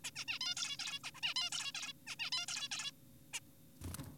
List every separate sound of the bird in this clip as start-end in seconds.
0.04-0.11, 0.16-0.25, 0.28-0.39, 0.41-0.55, 0.57-0.77, 0.79-1.00, 1.04-1.10, 1.15-1.21, 1.23-1.34, 1.36-1.50, 1.52-1.72, 1.75-1.93, 2.07-2.16, 2.19-2.30, 2.32-2.46, 2.48-2.68, 2.72-2.91, 3.34-3.40